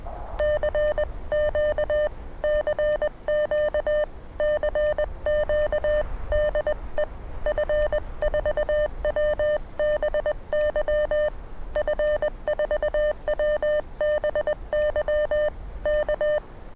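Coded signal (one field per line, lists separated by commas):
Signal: Morse code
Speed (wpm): 20 wpm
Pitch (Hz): 600 Hz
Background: none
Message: CQ CQ CQ DE F4WBY F4WBY K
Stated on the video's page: HF signals on improvised field antennas, better for reception than transmission; possibly a uSDX rig.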